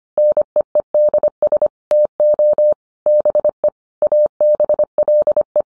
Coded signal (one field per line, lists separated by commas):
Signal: Morse code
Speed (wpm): 25 wpm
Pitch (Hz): 600 Hz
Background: none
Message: NEEDS TO BE ABLE